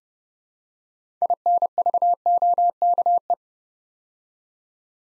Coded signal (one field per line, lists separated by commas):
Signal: Morse code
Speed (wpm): 29 wpm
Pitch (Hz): 700 Hz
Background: none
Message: INVOKE